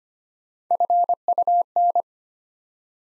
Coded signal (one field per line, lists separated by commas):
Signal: Morse code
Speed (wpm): 25 wpm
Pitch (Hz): 700 Hz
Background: none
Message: FUN